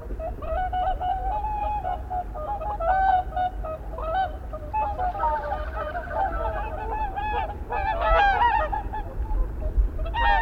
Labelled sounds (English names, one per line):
Whooper Swan call